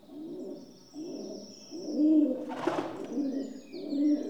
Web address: BBC Sound Effects Library. Rock Dove (Columba Livia) Coos